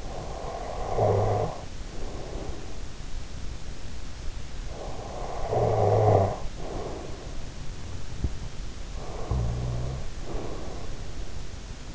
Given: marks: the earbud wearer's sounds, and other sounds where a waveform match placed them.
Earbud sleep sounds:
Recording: sounds in sleep by an in-ear microphone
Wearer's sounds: snoring breath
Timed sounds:
0.00-3.10 s: snoring breath
4.71-7.72 s: snoring breath
8.66-11.95 s: snoring breath

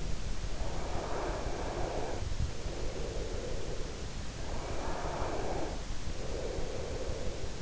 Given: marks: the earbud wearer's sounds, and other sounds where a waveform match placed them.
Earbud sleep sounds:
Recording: sounds in sleep by an in-ear microphone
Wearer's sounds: breath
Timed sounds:
0.63-4.13 s: breath
4.38-7.62 s: breath

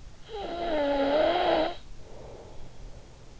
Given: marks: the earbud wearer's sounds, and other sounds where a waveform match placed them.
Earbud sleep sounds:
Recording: sounds in sleep by an in-ear microphone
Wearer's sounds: snoring breath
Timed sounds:
0.12-3.40 s: snoring breath

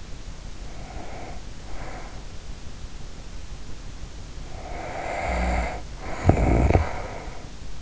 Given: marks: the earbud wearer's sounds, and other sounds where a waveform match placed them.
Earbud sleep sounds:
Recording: sounds in sleep by an in-ear microphone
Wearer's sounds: breath, snoring breath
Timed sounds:
0.23-2.72 s: breath
4.15-7.82 s: snoring breath

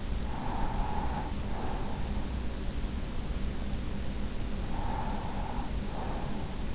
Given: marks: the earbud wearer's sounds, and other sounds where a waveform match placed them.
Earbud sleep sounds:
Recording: sounds in sleep by an in-ear microphone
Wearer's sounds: breath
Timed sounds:
0.10-2.50 s: breath
4.36-6.75 s: breath

